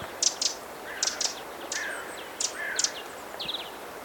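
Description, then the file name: Eurasian wren calling: hard, high ticking notes in pairs and short bursts, with softer harsh lower notes in between. "Troglodytes troglodytes"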